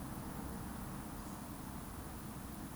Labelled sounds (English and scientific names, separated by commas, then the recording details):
Eurasian Woodcock (Scolopax rusticola) whistle
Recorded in Baden-Württemberg, Germany, on 29 June 2020 at 20:19 UTC
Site 44395, 213 m above sea level